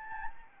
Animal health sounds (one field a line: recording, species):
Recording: mosquito wingbeat signal from an infrared sensor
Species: Anopheles gambiae